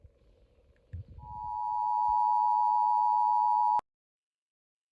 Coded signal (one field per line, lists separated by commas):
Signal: Emergency Alert System (SAME) tones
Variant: 853 and 960 Hz attention tone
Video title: THE REST OF MAY'S ALERTS... EAS Alerts from May 2026 (EAS #6,772 - 6,795)